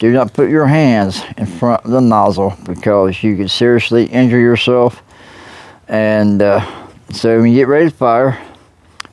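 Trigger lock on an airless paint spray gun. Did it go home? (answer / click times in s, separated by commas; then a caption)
yes / 9.0 s. Someone talks for most of the clip while holding the spray gun of a Titan 1700 airless paint sprayer. At 9.0 s, the gun's trigger lock is pulled up and latches in place with a sharp click, followed by a quieter tick just after.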